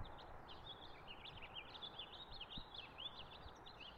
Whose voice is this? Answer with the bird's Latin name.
Haemorhous mexicanus